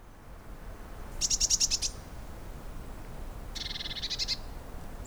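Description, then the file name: Eurasian blue tit giving two bursts of rapid, buzzy, high churring notes, the second broader than the first, separated by a short pause. "Cyanistes caeruleus"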